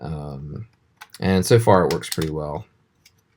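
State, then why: Not seated. A 3D-printed plastic electronics insert, made to leave room for the connector, is being fitted into a prop goggle housing while someone talks. Only a couple of faint ticks follow near the end, and nothing has seated or clicked yet.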